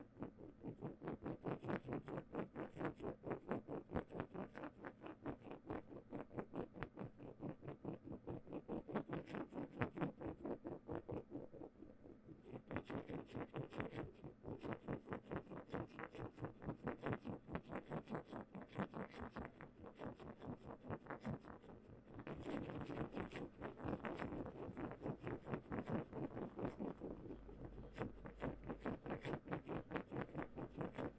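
A wooden tool is rubbed and tapped in a fast, steady run of crisp little clicks that hardly lets up for the whole half minute. The rhythm stays dense and even, with brief softer dips around 12 and 22 seconds before it picks up again.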